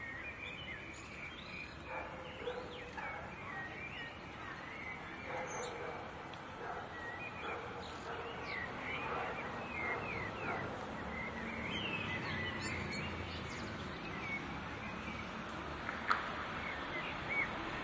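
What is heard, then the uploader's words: Bird songs at dusk on a canal, a steady crowd of chirps and short whistled phrases overlapping throughout. Beneath them runs a constant low rumble and hiss, with a murmur like faint voices. A sharp click stands out around sixteen seconds. Elsensteg at Dusk. Dusk in Neukoelln. Bird songs on the canal.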